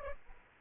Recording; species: mosquito wingbeat signal from an infrared sensor; Aedes aegypti